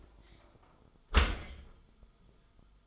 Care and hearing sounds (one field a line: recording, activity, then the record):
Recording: daily activity, microphone in the room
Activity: close dishwasher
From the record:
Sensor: 5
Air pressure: 1004.7 hPa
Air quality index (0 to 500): 91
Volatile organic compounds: 2 ppm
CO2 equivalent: 1093 ppm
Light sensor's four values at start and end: 32/74/30/29 and 32/73/30/29